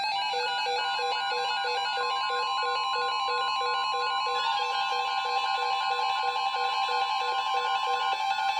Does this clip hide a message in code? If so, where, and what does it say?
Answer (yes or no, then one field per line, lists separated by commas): no